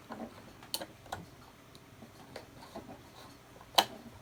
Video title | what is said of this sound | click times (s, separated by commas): Machine maintenance between projects | there hear it click | 3.8 s